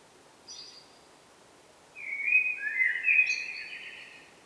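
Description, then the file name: Eurasian blackbird: a faint high squeak, then after a short gap a full warbled song phrase of fluted notes ending in thin, high twittering. "Turdus merula"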